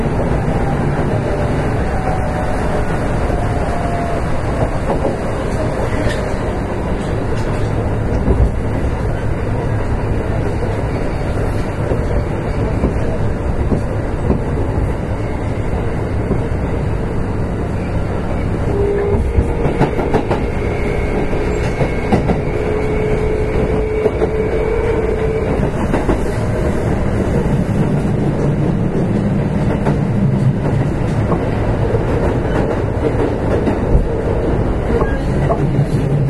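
A Kintetsu Railway 7000 series train runs steadily, its low rumble dense and constant for the whole stretch. Faint tonal whines drift in, one rising around the twenty-second mark and a higher one near twenty-two seconds, over a quiet clatter of wheels on track.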